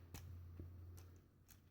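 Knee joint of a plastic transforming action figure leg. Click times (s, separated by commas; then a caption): 0.2 s. The knee joint of a plastic transforming action figure leg is swung down and pushed until it clicks into place at 0.2 seconds, seating the joint. Two more sharp clicks follow at about 1.0 and 1.5 seconds over a low steady hum.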